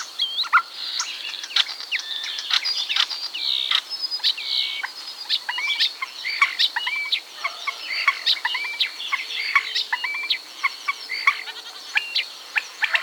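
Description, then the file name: Common starling song, a dense, continuous medley of sharp clicks, rattles, squeaky notes and short whistles tumbling over one another without pause. "bioakusztika seregely"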